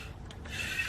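A small lock button on the back panel of a Firecore 16 ft aluminum telescoping grade rod is pushed in to release the lock so the sections can be lowered, an easy release. Two soft ratchet-like clicks sound at 0.3 s and 0.5 s over a steady hiss and low rumble. The lock is released and the sections lower.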